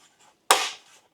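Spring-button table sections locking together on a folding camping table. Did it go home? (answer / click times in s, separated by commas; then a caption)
yes / 0.5 s. Small spring buttons on a budget aluminium camping table are pushed down while folding it away, and the table sections spring back in and lock together. After faint low rustles, a single sharp, bright click lands at 0.5 s and rings off over about a quarter second. The sections are seated and locked together.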